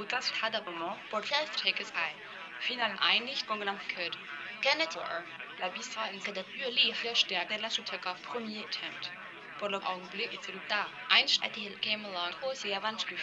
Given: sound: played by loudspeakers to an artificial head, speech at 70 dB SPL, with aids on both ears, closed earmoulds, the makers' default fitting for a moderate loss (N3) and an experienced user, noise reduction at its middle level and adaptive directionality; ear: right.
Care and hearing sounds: speech test signal (ISTS) in cocktail-party noise; +3 dB; on the right (90 degrees)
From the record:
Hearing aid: class 1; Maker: F

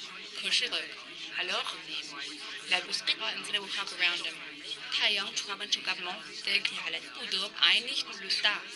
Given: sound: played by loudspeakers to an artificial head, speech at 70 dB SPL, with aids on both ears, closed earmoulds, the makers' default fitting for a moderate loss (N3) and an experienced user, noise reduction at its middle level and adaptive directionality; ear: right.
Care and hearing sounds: speech test signal (ISTS) in cocktail-party noise; 0 dB; on the right (90 degrees)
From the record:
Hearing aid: class 2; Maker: B

